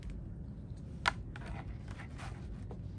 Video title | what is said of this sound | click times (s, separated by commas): PICC insertion demonstration video | this bit locks into place so make sure that's locked in | 1.1 s